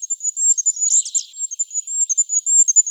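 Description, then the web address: Goldcrest calling with very high, thin, needle-like notes, rapidly repeated in quick series, with a brief slightly lower twittering flourish near the one-second mark. "Regulus regulus"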